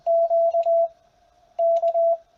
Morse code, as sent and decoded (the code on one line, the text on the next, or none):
--.- -.-
QK